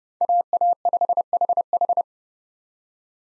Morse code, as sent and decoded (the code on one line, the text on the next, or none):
.- .- ..... .... ....
AA5HH